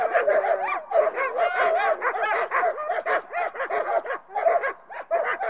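Dogs barking as a pack, overlapping yelping barks in a dense chorus.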